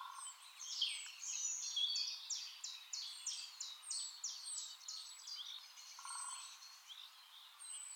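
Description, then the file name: Common chaffinch singing a fast run of descending, chipping notes for about six seconds. "Fringilla coelebs"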